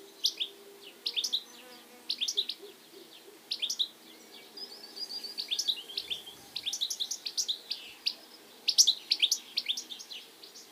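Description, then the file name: European goldfinch calls: repeated clusters of high, sharp twittering notes in short bursts. "Carduelis carduelis"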